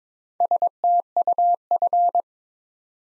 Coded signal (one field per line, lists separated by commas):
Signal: Morse code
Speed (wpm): 22 wpm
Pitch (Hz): 700 Hz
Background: none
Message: STUF